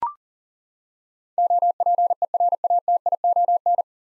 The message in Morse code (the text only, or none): OPERATION